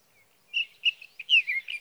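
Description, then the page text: Sage thrasher song, a brief run of short warbled, slurred notes, some rising and falling, in quick succession after a moment of quiet. Male singing near his night roost through three nights, evening of June 12 to morning of June 15, 2018, Sierra Valley, California; Swift recorder placed near roost; night songs. "Birdsong for the Curious Naturalist: Explore #7. 61. Sage thrasher songs, through the night"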